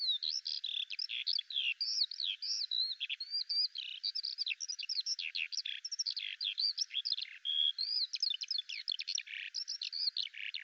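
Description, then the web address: Bird calls, a long busy chatter of sharp chirps, trills and slurred whistles packed closely together throughout. "Deverinetal 2025 File cleaned normalized Bird Al Ar"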